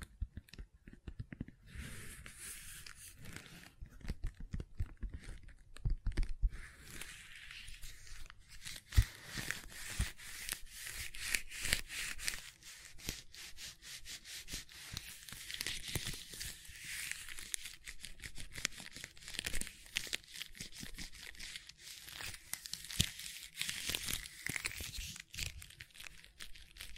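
Gentle silicone sounds: soft rubbing and squishing with dense crackly ticks, steady throughout, bright hissy texture and occasional low thumps.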